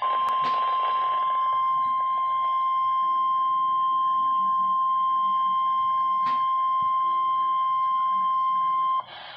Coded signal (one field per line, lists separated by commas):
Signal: Emergency Alert System (SAME) tones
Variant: 1050 Hz attention tone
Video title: Required Weekly Test | EAS#52 9/16/2020